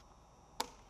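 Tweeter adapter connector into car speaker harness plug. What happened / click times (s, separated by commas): The wiring connector clicked into its harness plug / 0.6 s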